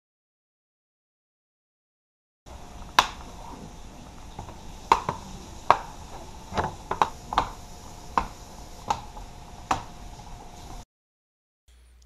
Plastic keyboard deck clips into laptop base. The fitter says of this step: start snapping it down around the edges until everything snapped back into place reinstall